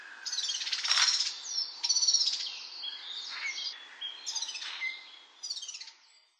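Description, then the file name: Asian brown flycatcher producing high, squeaky chirps and brief sweeping notes in irregular bursts, about one each second, with soft background hiss. Recorded at Nasushiobara, Japan, on 6 June 2010. "kosamebitaki 100606 nasusiobara"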